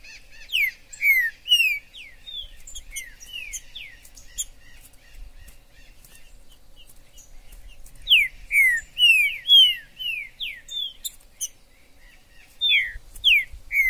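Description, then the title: Green-winged saltator song: repeated phrases of rich, slurred whistles dropping in pitch, about two per second in bursts, with faint high chirping behind. In the forest: calling, singing and male territorial dispute; used to stimulate a kept trinca-ferro. "TRINCA Piando, Cantando E Macheando Na DISPUTA. TRINCA FERRO no MATO. Trinca ferro MAJOR no MATO"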